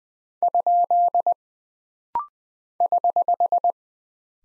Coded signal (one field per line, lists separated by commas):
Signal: Morse code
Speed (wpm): 20 wpm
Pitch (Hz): 700 Hz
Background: none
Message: ? <HH>